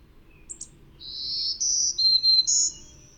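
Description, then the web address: Black-throated green warbler song: two thin high notes, then several drawn-out buzzy notes alternating higher and lower. North America. "Songs of Birds of North America Know Your Bird Sounds Common Western Species 35-Black-throated Green Warbler"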